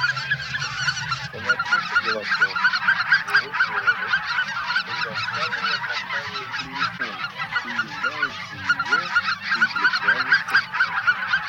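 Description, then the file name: Greater white-fronted goose: greater white-fronted geese in a dense flock, many overlapping high yelping honks and cackles forming continuous busy chatter, with lower gabbling underneath. Flock chatter of greater white-fronted geese, recorded for use in an electronic hunting caller. "Белолобый базар"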